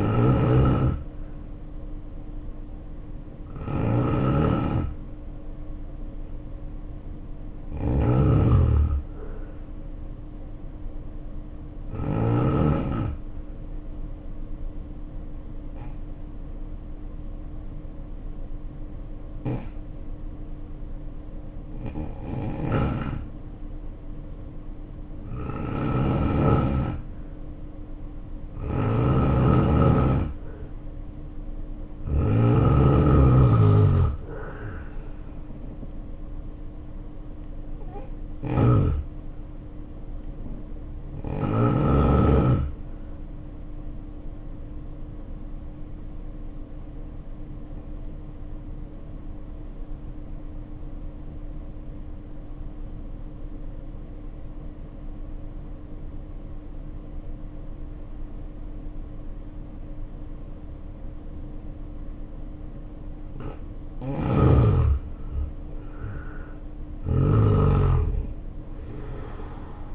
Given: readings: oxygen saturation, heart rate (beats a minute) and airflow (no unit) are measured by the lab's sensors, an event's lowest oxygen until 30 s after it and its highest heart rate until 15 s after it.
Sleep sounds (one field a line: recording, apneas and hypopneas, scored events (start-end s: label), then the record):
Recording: breathing in sleep by a smartphone at the bedside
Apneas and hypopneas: 2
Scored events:
12.00-29.80 s: hypopnea (N2, oxygen 93% highest, then 84% lowest, heart rate 57 at the start, 69 highest)
54.00-65.10 s: obstructive apnea (N2, oxygen 93% highest, then 76% lowest, heart rate 55 at the start, 72 highest)
From the record:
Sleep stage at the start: N2 (light sleep)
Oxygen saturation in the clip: 84 to 93%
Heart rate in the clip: 54 to 71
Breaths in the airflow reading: 14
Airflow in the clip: -5.4 to 6.3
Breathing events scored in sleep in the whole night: 520 in 7.2 hours asleep